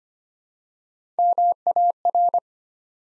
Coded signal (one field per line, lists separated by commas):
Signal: Morse code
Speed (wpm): 25 wpm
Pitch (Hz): 700 Hz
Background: none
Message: MAR